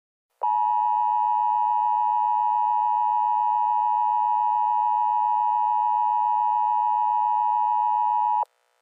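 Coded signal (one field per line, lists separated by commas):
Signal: Emergency Alert System (SAME) tones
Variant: 853 and 960 Hz attention tone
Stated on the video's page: Emergency Alert System scenario, a fictional blizzard alert.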